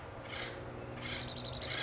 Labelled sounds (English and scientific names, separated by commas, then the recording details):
Acorn Woodpecker (Melanerpes formicivorus)
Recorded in Sonoma County, California